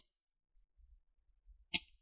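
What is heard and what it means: A pry tool is twisted outward along the seam of the plastic bottom cover of an HP Stream 14 AX101 laptop, with faint low handling rumbles beforehand. At 1.7 s a retaining clip on the chassis releases with a single sharp click, popping the cover open.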